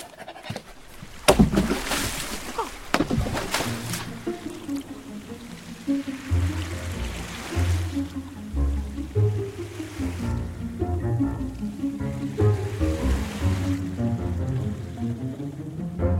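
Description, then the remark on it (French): Water sloshes and splashes around a boat, with a few sharp bursts early on, then a steady melodic music bed rises and carries on over the watery noise. From a radio drama adaptation of Hergé's Les Cigares du Pharaon. “Ne nous éternisons pas davantage sur ce bateau.”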